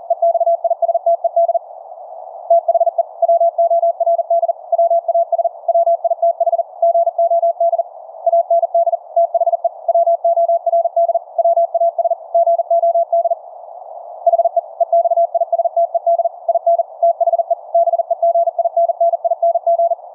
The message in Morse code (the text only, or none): EXISTED THE WORD WAS WITH GOD AND THE WORD WAS GOD HE EXISTED IN THE BEGINNING